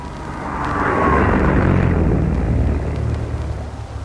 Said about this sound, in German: Im Augenblick hat der Wagen unser Mikrofon passiert. Wir haben Sie teilnehmen lassen, meine Damen und Herren, an einem Teil der ersten großen Versuchsfahrt des Schienenzeppelins, des Propellerschnellwagens von Krukenberg in Hannover.